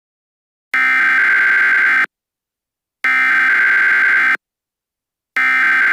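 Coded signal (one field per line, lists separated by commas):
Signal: Emergency Alert System (SAME) tones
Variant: header bursts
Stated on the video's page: Fictional EAS scenario.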